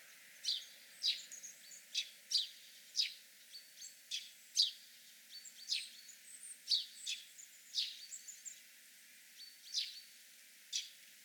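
House sparrow chirping, short bright notes repeated in a steady series.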